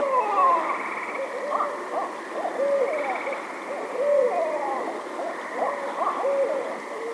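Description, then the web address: Barred owl calling: many excited, swooping hoots and wavering notes throughout, some sliding up then down, over a constant background drone. Recorded on 18 May 2008. "Barred Owl 2008 05 18"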